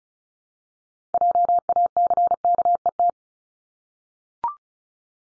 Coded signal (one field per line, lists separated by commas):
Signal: Morse code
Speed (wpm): 36 wpm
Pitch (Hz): 700 Hz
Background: none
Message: JACKET